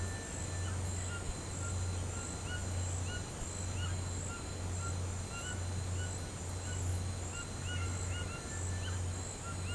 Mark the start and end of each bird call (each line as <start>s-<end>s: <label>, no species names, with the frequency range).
0.08s-9.74s: bird call (0.5-3.8 kHz)